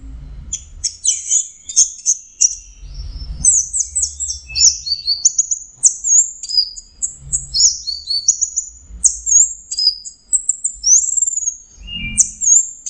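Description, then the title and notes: Orange-headed thrush song, very high thin whistles and rapid slurred notes run together continuously, with intermittent low rumbling background noise. Masteran training recording for Anis Kembang (chestnut-capped thrush); Anis Merah teler song style. "Suara Burung Anis Merah Teler. Masteran Anis Kembang"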